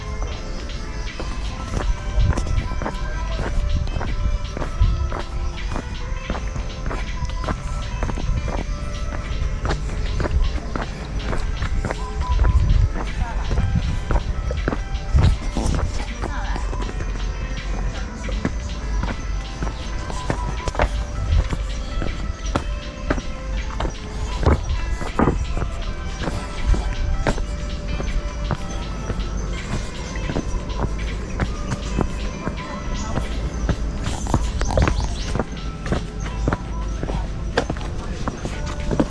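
A walk through hill forest at sunrise: steady footsteps and rustling, scattered voices, frequent short clicks and knocks, and a constant low rumble throughout.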